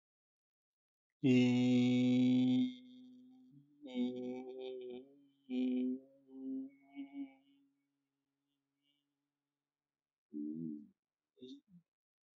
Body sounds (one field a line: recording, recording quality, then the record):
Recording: sustained vowel as in beet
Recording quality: excellent, no background noise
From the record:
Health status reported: healthy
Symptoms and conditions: hypertension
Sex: male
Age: 55 years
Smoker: not ticked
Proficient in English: yes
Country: India